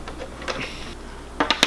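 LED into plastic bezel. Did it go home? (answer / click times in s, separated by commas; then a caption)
yes / 1.4 s, 1.5 s, 1.6 s. A privacy LED for a Google AIY Vision Kit is pushed from behind with a small screwdriver into its very tight plastic bezel, with faint scraping and a soft tap at 0.5 s. A quick cluster of sharp clicks follows at 1.4, 1.5 and 1.6 seconds as the LED snaps into the bezel and is seated.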